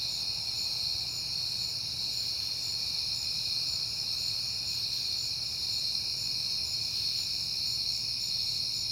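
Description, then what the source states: Crickets: high, even trilling of many crickets runs without pause over a quiet low background rumble. Crickets recorded on a peaceful night in September.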